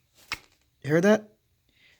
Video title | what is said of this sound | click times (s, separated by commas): 1997-00 Honda Civic DIY Spark Plug Wire replacement NGK! | you want to sit that one hear that click let's hear that hear | 0.3 s